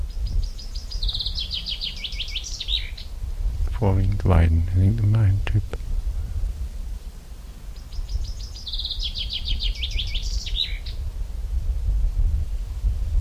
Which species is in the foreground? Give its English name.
Common Chaffinch